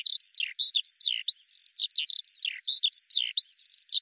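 Eurasian skylark singing a rapid, unbroken run of high warbled and whistled notes, some short phrases repeating, with nothing else audible.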